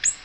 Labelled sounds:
Ovenbird flight call

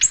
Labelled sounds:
Ovenbird flight call

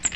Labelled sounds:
Cape May Warbler flight call

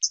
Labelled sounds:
Hooded Warbler flight call

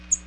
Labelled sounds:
American Redstart flight call

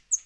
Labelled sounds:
Northern Parula flight call

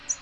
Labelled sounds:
American Redstart flight call

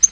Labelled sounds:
Yellow-rumped Warbler flight call

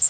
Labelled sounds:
Blackpoll Warbler flight call

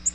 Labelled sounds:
Nashville Warbler flight call

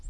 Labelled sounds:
Colima Warbler flight call

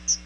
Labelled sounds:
Chestnut-sided Warbler flight call

